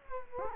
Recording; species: mosquito wingbeat signal from an infrared sensor; Culex quinquefasciatus